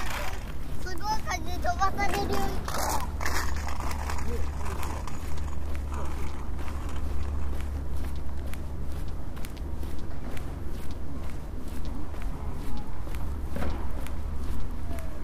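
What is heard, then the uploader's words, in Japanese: Footsteps walk along over a constant low rumble that fills the whole 15 seconds. Early on, until about six seconds, voices and clattering bits sound over it. Later, regular short taps repeat steadily, like paced steps, with a few louder knocks near the end. 歩いている音。Walking.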